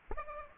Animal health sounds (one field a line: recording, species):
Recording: mosquito wingbeat signal from an infrared sensor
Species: Aedes aegypti